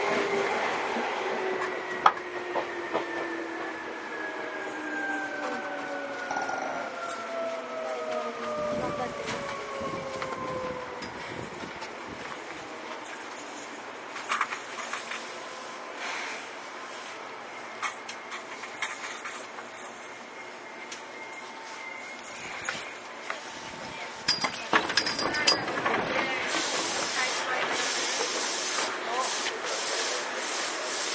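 A Seibu old 2000-series train running between Seibu-Shinjuku and Hon-Kawagoe. A steady rumble of travel with a falling motor whine over the first ten seconds, then scattered clacks and knocks from the wheels, with a busier burst of rattling around 24 to 27 seconds.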